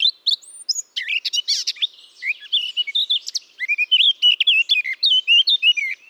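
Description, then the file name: Eurasian blackcap in full song, a continuous stream of loud, varied notes shifting from scratchy chatter into clear, fluty, rising-and-falling whistles. "Sylvia atricapilla"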